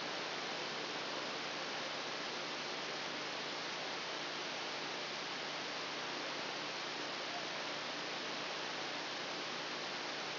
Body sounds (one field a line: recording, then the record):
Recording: brain microelectrode recording played as sound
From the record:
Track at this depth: outside the subthalamic nucleus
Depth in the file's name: 0.515 mm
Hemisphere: left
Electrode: 2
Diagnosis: Parkinson's disease